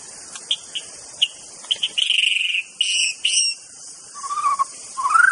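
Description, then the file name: White-rumped Shama song: short piping notes, then a sustained buzzy phrase and two further notes, ending with lower whistles, the last rising. Forest bird. "suara muraibatu hutan. omkicau"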